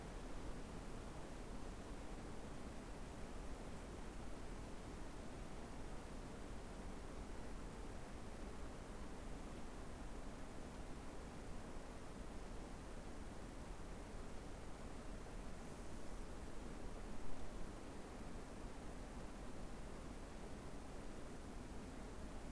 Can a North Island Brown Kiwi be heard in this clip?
no